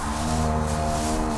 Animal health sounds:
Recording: contact call of a hoofed animal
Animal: cattle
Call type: low-frequency (closed-mouth) or high-frequency (open-mouth) call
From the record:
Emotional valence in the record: negative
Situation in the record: separation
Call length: 1.38 s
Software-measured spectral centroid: 4010 Hz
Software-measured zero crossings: 3140 a second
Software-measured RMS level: -24 dBFS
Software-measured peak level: -11 dBFS

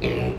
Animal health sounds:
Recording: contact call of a hoofed animal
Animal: pig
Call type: closed-mouth grunt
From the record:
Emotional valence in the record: negative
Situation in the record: short social isolation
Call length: 0.38 s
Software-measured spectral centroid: 1750 Hz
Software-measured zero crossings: 1280 a second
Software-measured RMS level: -24 dBFS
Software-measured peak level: -10 dBFS

